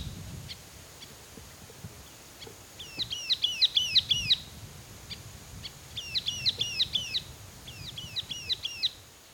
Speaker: Well, here's a sultan tit singing and calling in the rainforests of northern Vietnam.